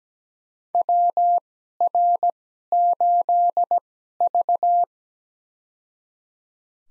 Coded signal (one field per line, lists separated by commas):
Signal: Morse code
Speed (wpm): 17 wpm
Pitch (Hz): 700 Hz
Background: none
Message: WR8V